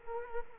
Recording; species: mosquito wingbeat signal from an infrared sensor; Culex quinquefasciatus